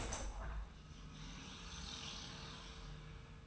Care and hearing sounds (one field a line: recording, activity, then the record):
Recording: daily activity, microphone in the room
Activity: open window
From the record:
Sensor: 2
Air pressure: 999.8 hPa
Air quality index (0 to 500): 221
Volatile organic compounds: 50 ppm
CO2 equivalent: 3298 ppm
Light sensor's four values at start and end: 8/19/8/8 and 8/20/8/8